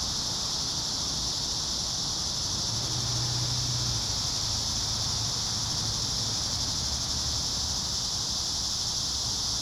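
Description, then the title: Cicadas giving a continuous shrill drone at an even level, with a brief low hum in the background. Several cicadas singing in a park. "neoscenes: cicadas in the park"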